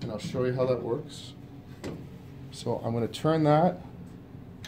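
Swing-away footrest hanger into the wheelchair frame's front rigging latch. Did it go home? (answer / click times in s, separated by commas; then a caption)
yes / 4.6 s. Someone talks while swinging a center-pivot, swing-away footrest hanger on a wheelchair's front rigging toward the frame's trigger latch, with a brief sharp sound at about 1.8 s. A short, sharp click at 4.7 s marks the latch engaging, and the front rigging is locked into place.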